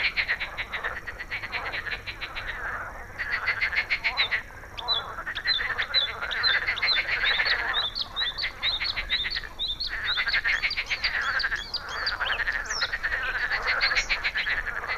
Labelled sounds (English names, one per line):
Bluethroat song